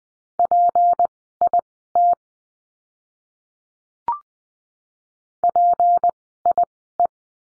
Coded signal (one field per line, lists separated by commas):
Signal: Morse code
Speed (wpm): 20 wpm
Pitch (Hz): 700 Hz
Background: none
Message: PIT PIE